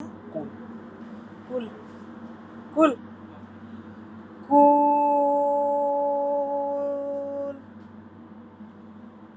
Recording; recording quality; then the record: sustained vowel as in boot; moderate, slight background noise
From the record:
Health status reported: COVID-19 positive, mild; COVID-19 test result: positive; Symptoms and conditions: loss of smell and taste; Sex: female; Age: 55 years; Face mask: not worn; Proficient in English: yes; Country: India